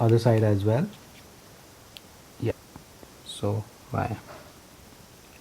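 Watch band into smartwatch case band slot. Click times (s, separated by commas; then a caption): 2.0 s. Someone talks as the second band is pushed into the band slot on the other side of a 44CM Space Gray Apple Watch Series 5 case. A short sharp click at 2.0 s marks the band latching into place. Someone talks again briefly afterward.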